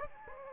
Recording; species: mosquito wingbeat signal from an infrared sensor; Anopheles gambiae